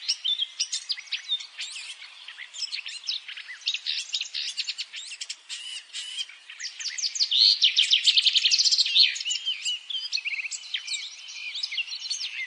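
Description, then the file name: Eurasian blackcap singing dense, rapid, scratchy warbling without a break, briefly growing louder and busier midway. "Sylvia atricapilla"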